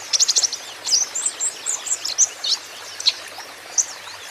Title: KOLIBRI NINJA KONIN IJOAN GACOR COCOK UNTUK PANCINGAN TERAPI KONIN BAHAN PASTI NYAUT